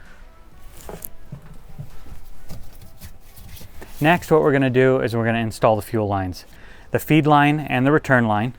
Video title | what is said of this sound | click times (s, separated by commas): Titan Fuel Tanks 2011-2016 GM Crew Cab, Short Bed Duramax Fuel Tank Install - 7010211 | it's going to be pretty simple it'll slide right on and then be sure to get your gray safety tab locked in once it's clicked into place | 1.1 s